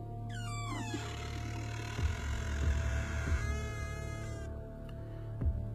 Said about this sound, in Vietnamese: Gã đưa tay lau lau, thế rồi đẩy khẽ, cánh cửa rít lên một tiếng rồi kẽo kẹt mở vào bên trong.